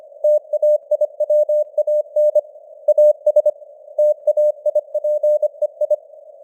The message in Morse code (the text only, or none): TAIWAN AS TAIPEI